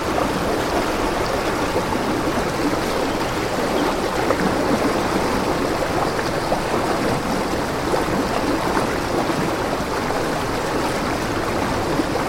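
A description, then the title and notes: A gentle stream flows steadily, its water babbling in a dense, even wash of small splashes and gurgles. The sound stays level throughout, full through the middle with a soft hiss on top, with nothing else intruding. Gentle Flowing Water Stream: Relaxing Nature Sounds.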